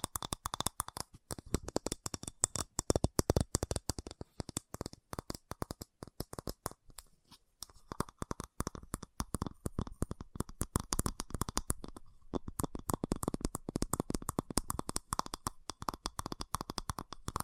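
Fast tapping in rapid, dense bursts of sharp clicks, each one crisp and bright. The taps come in quick flurries with brief thinner gaps near seven seconds and again around twelve seconds, then pick back up at full pace.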